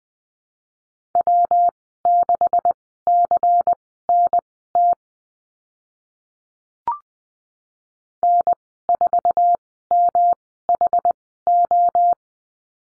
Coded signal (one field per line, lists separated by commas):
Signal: Morse code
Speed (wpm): 19 wpm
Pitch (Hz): 700 Hz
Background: none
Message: W6CNT N4MHO